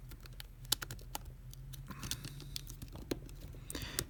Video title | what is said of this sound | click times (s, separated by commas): Samsung S9 Plus Screen Replacement - LCD and Body - S9+ Repair | should hear clicks kind of saying that it's been attached of course you still want to put the screwdrivers back in I mean | 0.7 s, 0.8 s, 1.2 s